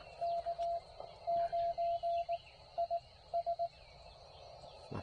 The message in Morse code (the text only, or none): K9 IS